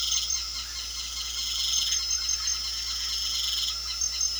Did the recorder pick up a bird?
no